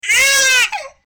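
A single loud, sustained infant cry wail lasting about half a second, strongly pitched with a slight rise and fall, then a softer trailing gasp-like tail. An ordinary baby cry.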